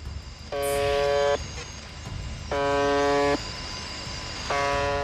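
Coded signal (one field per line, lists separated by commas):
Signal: numbers station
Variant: UVB-76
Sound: three harsh low buzzes, each under a second, repeating about every two seconds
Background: radio static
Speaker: 라디오에서 끊임없이 들려오는 의문의 버음.이 이 소리는 1분에 약 25번씩 24시간 내내 송출됩니다.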